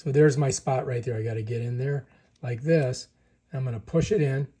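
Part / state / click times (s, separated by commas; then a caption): wax guard into hearing aid receiver / not seated / none. A new plastic wax guard on its tool is lined up with the empty receiver opening of a Phonak hearing aid while someone talks, ready to be pushed in. No click or tick is heard, and the clip ends before the guard goes home, so nothing has seated or clicked yet.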